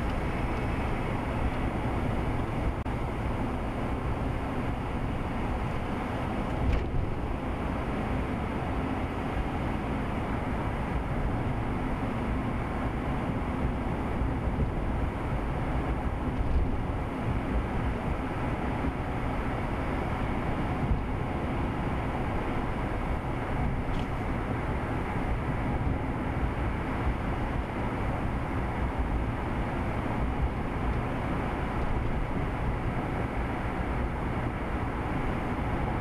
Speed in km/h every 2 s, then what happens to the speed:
55, 55, 56, 60, 60, 61, 63, 63, 64, 66, 68, 66, 64, 64, 64, 66, 68, 69.
0-18 speeds up to 66. 18-36 steady at about 66.